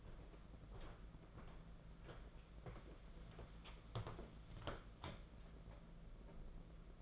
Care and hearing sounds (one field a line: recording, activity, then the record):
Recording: daily activity, microphone in the room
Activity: walk to room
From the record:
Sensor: 5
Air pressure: 992.2 hPa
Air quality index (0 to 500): 214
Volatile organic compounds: 1000 ppm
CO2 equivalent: 6206 ppm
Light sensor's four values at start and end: 7/17/6/7 and 6/16/6/7